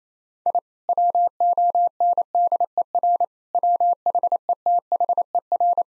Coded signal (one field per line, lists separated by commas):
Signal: Morse code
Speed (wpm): 27 wpm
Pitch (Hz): 700 Hz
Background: none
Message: I WONDER WHETHER